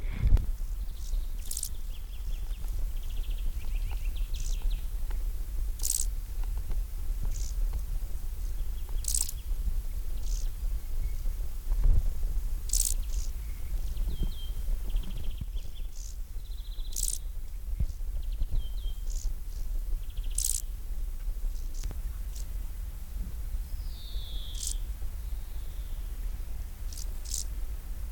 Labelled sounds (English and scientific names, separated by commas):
Field Grasshopper (Chorthippus brunneus) stridulation